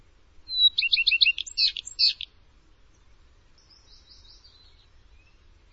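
Bird song: a single high whistled note leading into rapid buzzy trills and sharp notes, followed by a faint trill.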